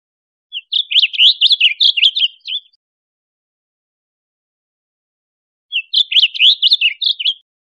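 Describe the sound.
Blue grosbeak song: two rich, rapid warbling phrases of about two seconds each, separated by a roughly three-second pause, with no other sounds.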